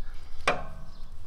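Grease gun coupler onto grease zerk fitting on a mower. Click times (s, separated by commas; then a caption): 0.5 s. A metal grease gun coupler is pushed onto a grease zerk fitting on a lawn mower until it clicks on, before grease is squeezed in. A single sharp click is heard at 0.5 s over a low steady background hum. The coupler is seated on the fitting.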